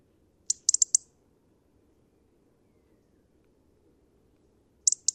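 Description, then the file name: European robin ticking, a fast burst of several high clicky notes, a quiet gap, then another short run near the end. "Erithacus rubecula"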